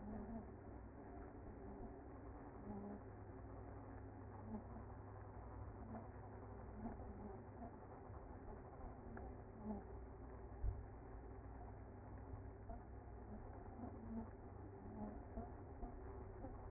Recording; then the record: honeybee colony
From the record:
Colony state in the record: active